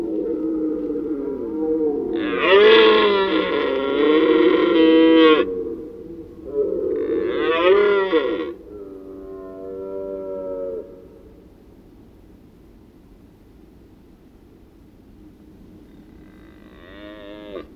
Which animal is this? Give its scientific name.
Cervus elaphus